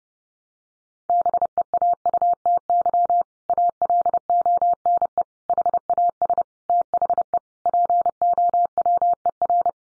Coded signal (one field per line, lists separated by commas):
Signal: Morse code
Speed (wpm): 30 wpm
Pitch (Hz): 700 Hz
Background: none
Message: BEAUTY ALONE HAS THE POWER